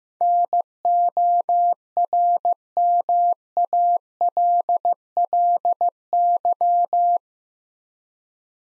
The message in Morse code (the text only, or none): NORMALLY